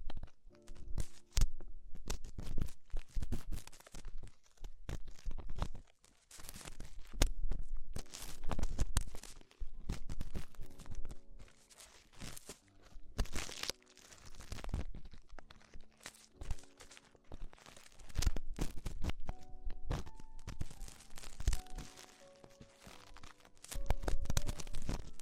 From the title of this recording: Extremely Tingly Ear Exploration